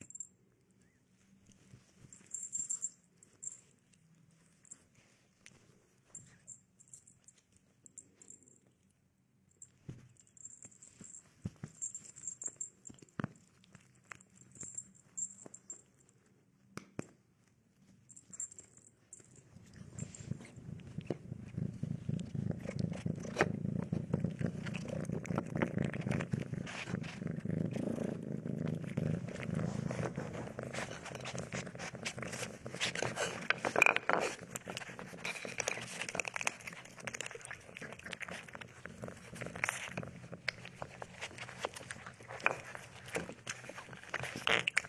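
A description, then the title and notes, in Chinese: A cat's sounds, quiet for the first twenty seconds: scattered soft clicks and taps over a faint low hum, with a thin high chirping that comes and goes. Around twenty seconds, steady crunching and rustling begins and continues densely to the end. 猫咪进食、睡觉、玩耍的声音。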